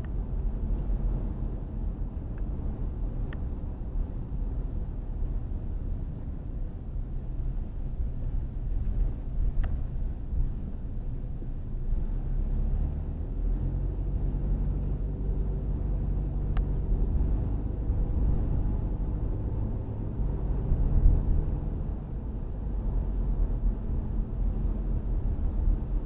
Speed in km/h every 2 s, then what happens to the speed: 27, 24, 19, 15, 13, 15, 18, 23, 26, 29, 31, 29, 27.
0-6 slows to 15. 10-18 speeds up to 29. 18-26 steady at about 29.